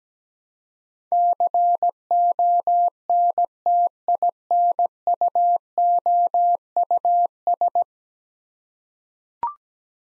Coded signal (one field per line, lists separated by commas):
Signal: Morse code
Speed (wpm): 17 wpm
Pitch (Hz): 700 Hz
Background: none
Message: CONTINUOUS